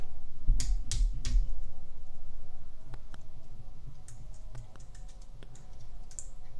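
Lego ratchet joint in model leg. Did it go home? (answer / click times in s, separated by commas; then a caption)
yes / 0.6 s, 0.9 s, 1.2 s. A plastic Lego ratchet joint in the model's second leg is rotated, and it clicks through its detents with three strong clicks at 0.6, 0.9 and 1.2 seconds, matching the three clicks on the first side. Fainter ticks and handling sounds follow, and the joint is seated.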